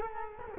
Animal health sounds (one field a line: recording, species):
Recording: mosquito wingbeat signal from an infrared sensor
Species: Culex quinquefasciatus